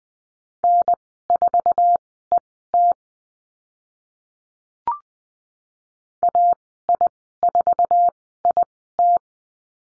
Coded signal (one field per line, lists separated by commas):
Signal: Morse code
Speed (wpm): 20 wpm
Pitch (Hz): 700 Hz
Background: none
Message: N4ET AI4IT